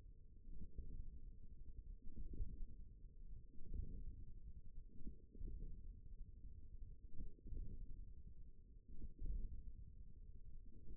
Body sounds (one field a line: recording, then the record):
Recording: forearm muscle sounds (acoustic myography)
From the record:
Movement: hook grip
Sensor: system 1, eight BSWA MPA416 microphones around the upper forearm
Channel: 4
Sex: male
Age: 41 years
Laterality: right